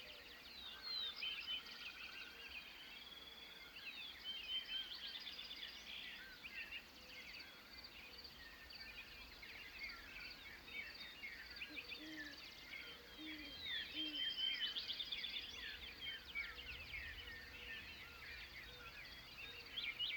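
Spring birds sing over a Montana prairie at dawn, a dense chorus of bright chirps and trills filling the whole twenty seconds. Low, soft dove coos repeat underneath, most clearly around the twelve-second mark, while a meadowlark's clear whistled phrases stand out near fifteen seconds.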